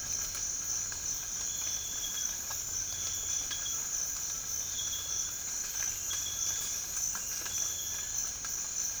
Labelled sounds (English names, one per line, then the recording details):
none
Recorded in dense forest near Puerto Asís, Putumayo, Colombia, on 12 March 2025 at 06:30
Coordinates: 0.485, -76.318
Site G056